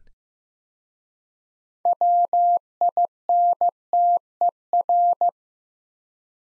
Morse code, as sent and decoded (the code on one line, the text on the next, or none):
.-- .. -. - . .-.
WINTER